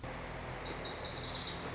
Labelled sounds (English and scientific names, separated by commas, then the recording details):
Lazuli Bunting (Passerina amoena)
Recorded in Sonoma County, California